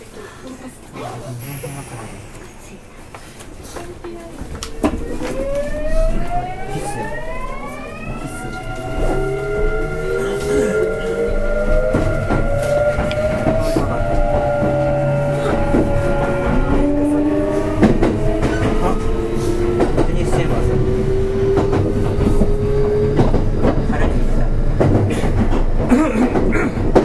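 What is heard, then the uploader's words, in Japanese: Running sound recorded aboard a local commuter train as it pulls away. From about five seconds a motor whine climbs in pitch in several stacked tones, levels off, then a second rising whine builds steadily through the rest, over a constant low rumble of wheels. 近畿日本鉄道5820系の走行音です。奈良線の各駅停車にて収録しました。区間は、大阪難波から河内小阪までです。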